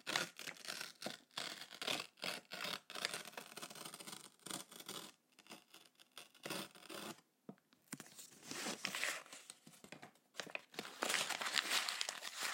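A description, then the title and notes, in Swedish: Paper is crumpled and crinkled, with bright crackling rustles that come in quick bursts. The handling pauses briefly around five and seven seconds, then resumes with denser, louder crinkling toward the end. I detta specialavsnitt så är det lite papper ASMR.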